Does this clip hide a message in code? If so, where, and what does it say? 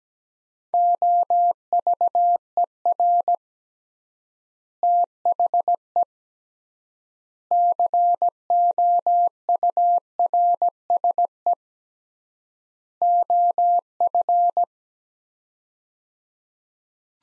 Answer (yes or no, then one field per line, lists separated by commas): yes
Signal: Morse code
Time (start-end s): 0.7-14.6 s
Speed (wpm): 17 wpm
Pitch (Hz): 700 Hz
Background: none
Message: OVER THE COURSE OF